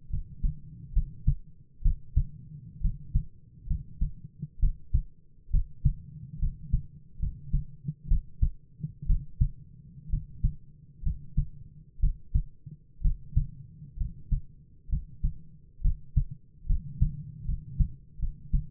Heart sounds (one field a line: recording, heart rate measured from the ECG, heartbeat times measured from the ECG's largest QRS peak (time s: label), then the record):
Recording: heart sounds by stethoscope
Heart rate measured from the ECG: 66 bpm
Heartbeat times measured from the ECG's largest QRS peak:
0.09 s: heartbeat
0.92 s: heartbeat
1.81 s: heartbeat
2.80 s: heartbeat
3.66 s: heartbeat
4.59 s: heartbeat
5.50 s: heartbeat
6.38 s: heartbeat
7.18 s: heartbeat
8.07 s: heartbeat
9.05 s: heartbeat
10.09 s: heartbeat
11.02 s: heartbeat
11.99 s: heartbeat
13.01 s: heartbeat
13.96 s: heartbeat
14.88 s: heartbeat
15.81 s: heartbeat
16.65 s: heartbeat
17.44 s: heartbeat
18.18 s: heartbeat
From the record:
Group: healthy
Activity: rest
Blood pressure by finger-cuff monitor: 95/53 mmHg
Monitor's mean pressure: 62 mmHg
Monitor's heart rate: 67 bpm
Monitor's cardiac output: 7.3 L/min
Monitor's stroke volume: 109 mL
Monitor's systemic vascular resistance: 590 dyn s/cm5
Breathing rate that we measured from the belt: 17 breaths a minute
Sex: male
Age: 22 years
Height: 185 cm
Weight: 112.4 kg